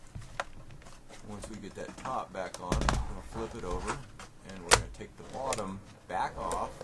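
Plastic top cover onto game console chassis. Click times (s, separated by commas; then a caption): 0.4 s. The plastic top cover of a PS4 Slim game console is set back onto the chassis and pressed down, snapping into place with a single sharp snap at 0.4 s. Someone then talks for the rest of the clip.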